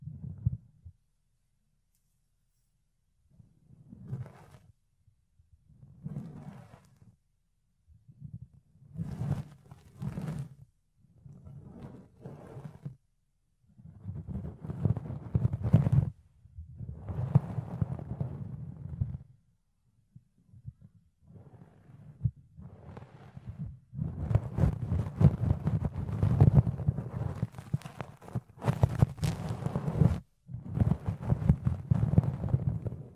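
Soft fluffy ear cleaning with muffled rubbing and brushing strokes, coming in short bursts separated by brief silences. The strokes are low and thumpy with some brighter scratchy edges, growing longer, denser and louder in the second half, with a few sharp crackles.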